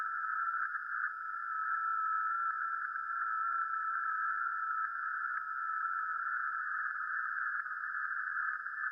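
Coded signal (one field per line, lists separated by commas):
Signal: FT8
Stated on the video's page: FT8 or JS8Call data on 40m via an NVIS dipole, real over-the-air radio, not SDR or simulation, streamed live.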